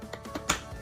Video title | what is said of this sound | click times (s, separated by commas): Window blind Installation | see, and make sure you hear the last click here. | 0.5 s